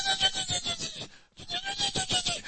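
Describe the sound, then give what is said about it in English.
A voice imitates a horse's whinny in two bursts split by a short pause, each a rapid, quavering, high-pitched pulsing cry with a steady tone running through it. “It's called the neighing of the horse.”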